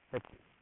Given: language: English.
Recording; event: throat vibration sensor signal played as sound; speech